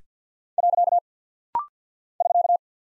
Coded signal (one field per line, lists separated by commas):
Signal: Morse code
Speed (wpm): 50 wpm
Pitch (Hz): 700 Hz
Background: none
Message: . <SK>